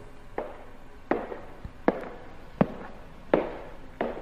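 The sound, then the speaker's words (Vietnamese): Slow, steady footsteps approaching a room door, about six firm thuds spaced evenly apart, each a sharp knock-like step over a faint steady hiss, with no voices. “Tiếng bước chân đi đến cửa phòng của Nam”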